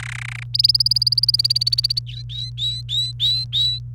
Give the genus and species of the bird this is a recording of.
Serinus canaria